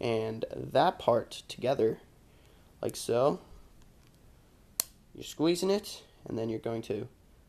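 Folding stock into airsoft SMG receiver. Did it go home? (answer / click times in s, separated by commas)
no / none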